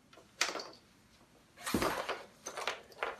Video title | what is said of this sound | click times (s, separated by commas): BabyBjorn vs Guava Family Lotus Travel Crib Comparison | by snapping them in | 0.4 s, 3.0 s